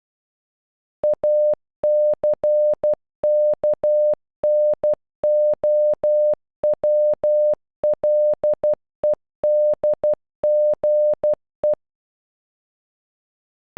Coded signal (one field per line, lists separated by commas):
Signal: Morse code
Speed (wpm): 12 wpm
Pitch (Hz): 600 Hz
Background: none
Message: ACKNOWLEDGE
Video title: Acknowledge in Morse code